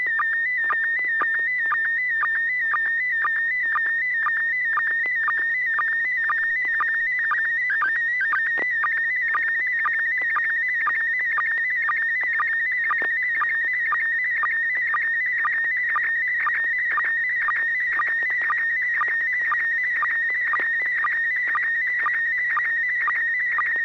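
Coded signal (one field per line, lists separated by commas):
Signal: SSTV (slow-scan television)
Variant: PD120 mode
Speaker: okay this will be pd 120 n6pq so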